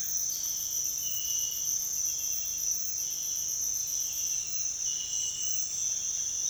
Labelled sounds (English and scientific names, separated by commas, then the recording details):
none
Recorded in secondary vegetation near Puerto Asís, Putumayo, Colombia, on 29 June 2025 at 06:00
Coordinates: 0.485, -76.322
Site GP06